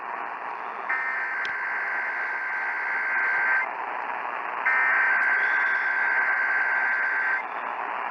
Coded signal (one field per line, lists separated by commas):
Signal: Emergency Alert System (SAME) tones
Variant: header bursts